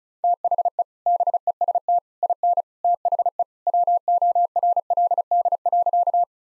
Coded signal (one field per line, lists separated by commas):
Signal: Morse code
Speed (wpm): 36 wpm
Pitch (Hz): 700 Hz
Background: none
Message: THE BEST IN THE WORLD.